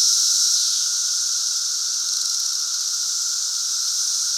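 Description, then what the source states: Continuous periodical cicada drone, shrill hiss over a low steady hum, a little louder at the start before settling. Central Illinois; 2024 cicada super bloom.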